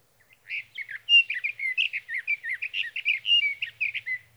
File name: Sage Thrasher